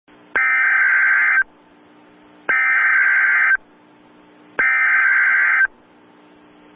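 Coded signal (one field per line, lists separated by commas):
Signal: Emergency Alert System (SAME) tones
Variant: header bursts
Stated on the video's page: Comedy EAS alert, a fictional parody.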